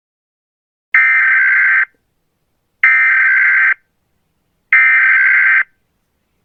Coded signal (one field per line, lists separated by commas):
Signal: Emergency Alert System (SAME) tones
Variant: header bursts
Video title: Angel Horror | EAS scenario (!Warning! This Is on Mobile devices)